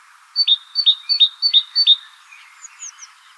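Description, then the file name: Great tit singing five quick two-note phrases, high then lower, in a steady rhythm, followed by a few faint high chirps. "Parus major"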